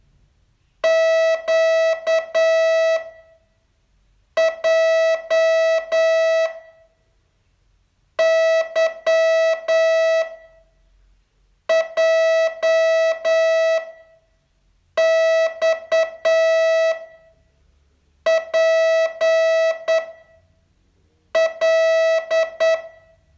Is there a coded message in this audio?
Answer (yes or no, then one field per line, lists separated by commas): yes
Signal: Morse code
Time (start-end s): 0.8-22.8 s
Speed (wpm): 9 wpm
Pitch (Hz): 650 Hz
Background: none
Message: Q J Y J X P L